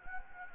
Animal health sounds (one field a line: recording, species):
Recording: mosquito wingbeat signal from an infrared sensor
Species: Anopheles gambiae